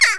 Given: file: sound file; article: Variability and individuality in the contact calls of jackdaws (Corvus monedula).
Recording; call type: jackdaw call; harmonic